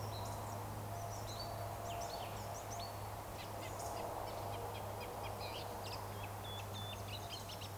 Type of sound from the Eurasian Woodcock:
whistle